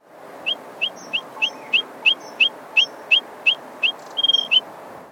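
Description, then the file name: Eurasian dotterel calls: short, clear whistled notes repeated about every third of a second, ending in a quick run of notes, over steady low background noise. "Dotterel"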